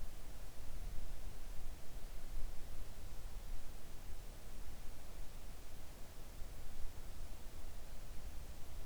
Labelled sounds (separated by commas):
near silence